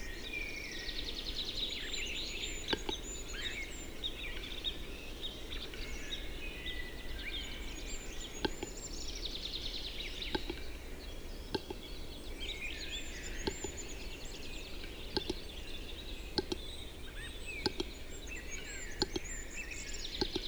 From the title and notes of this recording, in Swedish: Tjäderspelets ljudvärld. Här får du själv höra skogens alla ljud i slutet av april när tjäderspelet är på sin topp. Vi har spelat in en spelande tjädertupp med en Telinga SSM-mikrofon kopplad till en Olympus LS14.